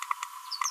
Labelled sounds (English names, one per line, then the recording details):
Green-rumped Parrotlet babbling
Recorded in a nest box in Venezuela
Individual 18B25A3